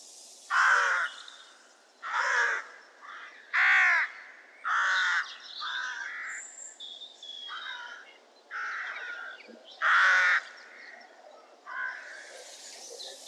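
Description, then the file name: Crows give a series of harsh, hoarse caws roughly every one to two seconds, with a steady background hiss. Crows at Market Weighton on 7 June 2014. "Crows Market Weigton 07 june 2014"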